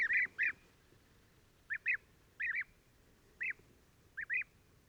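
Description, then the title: European bee-eater calls, a few rolling burry notes, mostly in short pairs, separated by pauses, against a low background hiss. Pre-migration roost gathering in a very large acacia, Oasis Mayateg, Adrar, Mauritania, 22 February 2019, recorded in the evening and at morning waking; Tlp7 and MixPre 3. "Dortoir de Guêpier d'Europe - Mauritanie"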